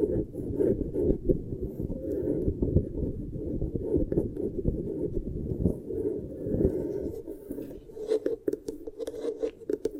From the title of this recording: Beeswax Ear Triggers